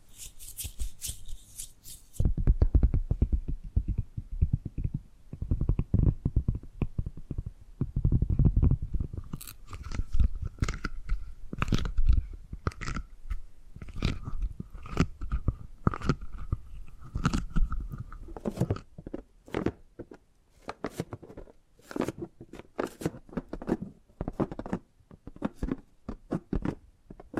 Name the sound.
Tapping and Gripping Sounds